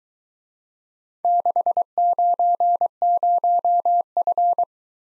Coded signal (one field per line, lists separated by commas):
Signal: Morse code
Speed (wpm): 23 wpm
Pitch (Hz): 700 Hz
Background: none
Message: 690F